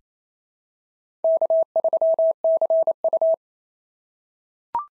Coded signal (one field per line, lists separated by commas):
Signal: Morse code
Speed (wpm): 27 wpm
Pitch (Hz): 650 Hz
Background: none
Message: K3CU